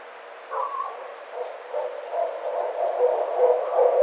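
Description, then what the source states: Barred owl giving a run of low hooting notes, the first one rising and wavering, then a rapid, uneven series that grows louder toward the end. Recorded 9 April 2009.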